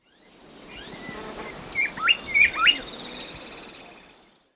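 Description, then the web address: Bar-winged Wood-Wren giving a short burst of clear whistled notes, some rising and some falling, over a steady hiss of background noise. Ecuador. "Birds of Ecuador Bar-Winged Wood-Wren"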